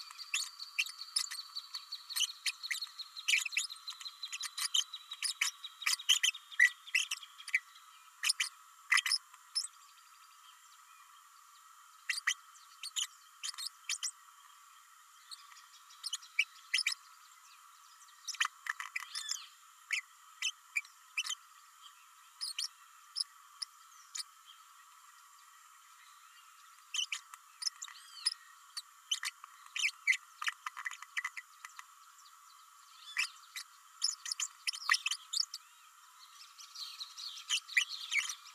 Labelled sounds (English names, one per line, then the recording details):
Green-rumped Parrotlet babbling
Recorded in a nest box in Venezuela
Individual 18B104A3